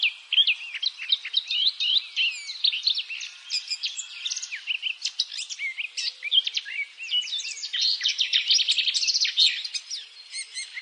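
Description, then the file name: Eurasian blackcap singing a hurried, jumbled warble of chirps, trills and quick slurred notes, continuous and fairly even in loudness throughout. "Sylvia atricapilla"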